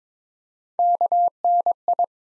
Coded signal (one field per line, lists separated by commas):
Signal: Morse code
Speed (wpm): 22 wpm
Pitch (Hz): 700 Hz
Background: none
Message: KNI